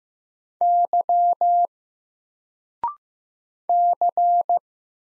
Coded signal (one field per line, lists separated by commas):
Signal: Morse code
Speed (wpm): 15 wpm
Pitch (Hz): 700 Hz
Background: none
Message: Y C